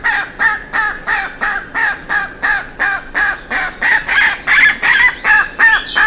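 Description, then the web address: Bird calls: loud, rasping, harmonic notes in a steady series of about three per second, with a faint high whistle in the background. "BIRD SABIOD 50 bird 2015"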